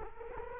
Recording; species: mosquito wingbeat signal from an infrared sensor; Culex quinquefasciatus